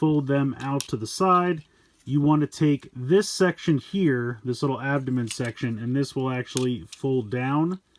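Someone talks almost continuously, with one brief quiet gap near 1.6–2.1 seconds, while handling a Diaclone Universe Burn Out transforming robot toy during its conversion, getting ready to fold its plastic abdomen section down into the torso. The section has not seated or clicked into place yet.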